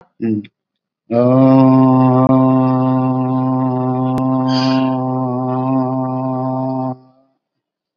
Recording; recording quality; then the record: sustained vowel as in boot; moderate, slight background noise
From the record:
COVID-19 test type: RT-PCR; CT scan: not taken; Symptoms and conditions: hypertension, diabetes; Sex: male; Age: 65 years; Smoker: yes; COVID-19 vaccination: both doses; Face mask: worn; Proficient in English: yes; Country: India